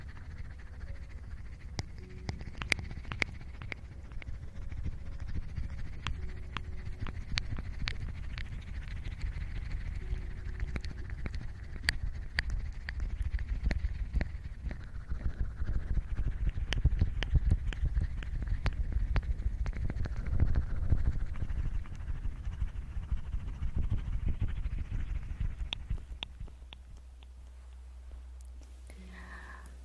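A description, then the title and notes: Close-up eating sounds right by the ear: wet clicks, smacks and soft crunches come in irregular, busy bursts over a steady low rumble. Around 26 seconds the chewing stops, leaving only a quiet low hum and a faint final tap. Relaxing Ear Eating.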